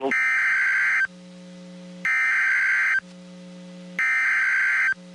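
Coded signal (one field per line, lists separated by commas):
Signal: Emergency Alert System (SAME) tones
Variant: header bursts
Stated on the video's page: Severe thunderstorm watches and warnings and tornado warning from NOAA Weather Radio stations in Fort Worth, Dallas, Waco and Austin, Texas.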